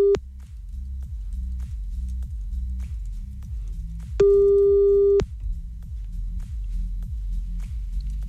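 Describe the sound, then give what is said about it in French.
A telephone line tone sounds while a call is redialed: a steady mid-pitched beep cuts in briefly at the start and again for about a second, over a constant train of low, rhythmic pulses. “Bon, on va quand même le rappeler, des fois que ce soit son téléphone, le réseau, bon, je sais jamais.”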